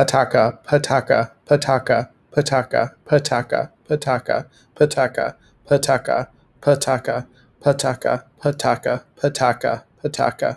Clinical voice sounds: repeated syllables /pa ta ka/; male; 20 to 29 years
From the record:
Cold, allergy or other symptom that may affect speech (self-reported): no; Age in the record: 24 years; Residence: Minnesota, United States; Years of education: 17

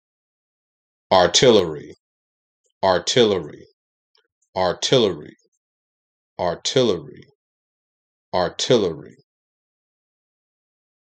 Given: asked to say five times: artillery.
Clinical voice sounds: repeated word; male; 50 to 59 years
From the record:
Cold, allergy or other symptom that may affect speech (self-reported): no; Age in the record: 55 years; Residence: Georgia, United States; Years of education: 16

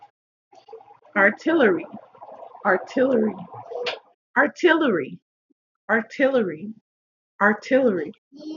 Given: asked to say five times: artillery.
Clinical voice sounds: repeated word; female; 30 to 39 years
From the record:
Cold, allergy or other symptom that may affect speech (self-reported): no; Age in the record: 30 years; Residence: Missouri, United States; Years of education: 16

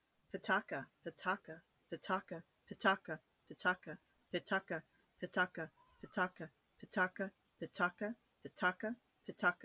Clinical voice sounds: repeated syllables /pa ta ka/; female; 30 to 39 years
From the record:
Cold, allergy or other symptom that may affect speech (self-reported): no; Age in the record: 30 years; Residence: Iowa, United States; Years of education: 12

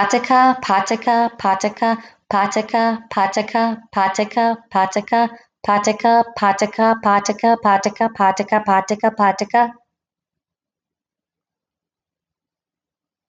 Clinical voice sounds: repeated syllables /pa ta ka/; female; 30 to 39 years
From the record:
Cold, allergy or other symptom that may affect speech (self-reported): no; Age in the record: 32 years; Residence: Nevada, United States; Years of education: 16

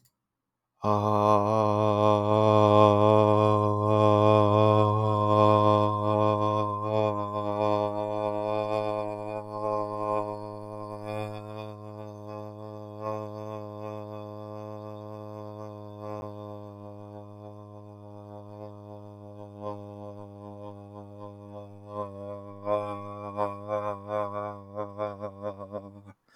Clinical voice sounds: vowel held as long as possible; male; 20 to 29 years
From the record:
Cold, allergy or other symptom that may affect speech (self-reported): no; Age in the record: 23 years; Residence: Washington, United States

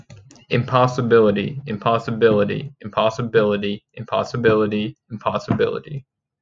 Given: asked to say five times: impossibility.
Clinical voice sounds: repeated word; male; 20 to 29 years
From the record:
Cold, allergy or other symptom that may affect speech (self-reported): no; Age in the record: 23 years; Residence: New York, United States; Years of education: 17

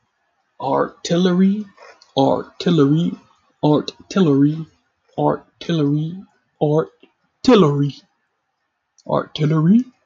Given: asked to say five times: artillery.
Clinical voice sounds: repeated word; male; 20 to 29 years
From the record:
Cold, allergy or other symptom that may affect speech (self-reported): no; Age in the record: 25 years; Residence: Florida, United States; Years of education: 16

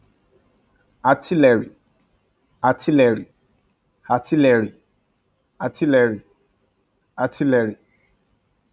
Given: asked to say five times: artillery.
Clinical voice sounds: repeated word; male; 30 to 39 years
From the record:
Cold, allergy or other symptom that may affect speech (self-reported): no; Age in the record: 34 years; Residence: Texas, United States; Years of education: 16

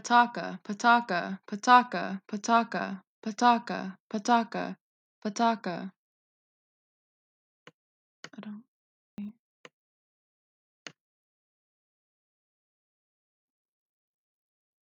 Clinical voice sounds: repeated syllables /pa ta ka/; female; 20 to 29 years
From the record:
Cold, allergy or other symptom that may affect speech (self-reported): no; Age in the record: 22 years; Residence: California, United States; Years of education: 16

